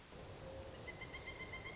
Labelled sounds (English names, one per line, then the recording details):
Pileated Woodpecker
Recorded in Sonoma County, California